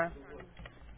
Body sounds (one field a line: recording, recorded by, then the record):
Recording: voluntary cough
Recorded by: telephone call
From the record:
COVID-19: negative